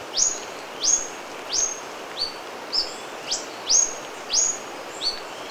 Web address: Natures Songs S America Birds of Ecuador Yellow-throated Bush-Tanager